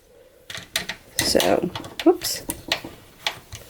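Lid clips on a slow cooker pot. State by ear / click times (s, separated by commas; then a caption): seated / 2.7 s, 3.3 s. Butterfly clips on a slow cooker pot are fastened to lock the lid on, among small clattering handling knocks while someone talks. The clips snap into place with sharp clicks at 2.7 s and 3.3 s, and the lid is locked.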